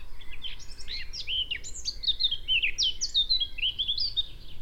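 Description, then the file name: Eurasian blackcap singing a fast, rich, continuous warble of varied chirps and slurred whistles, with a low rumble of background noise. "Sylvia atricapilla"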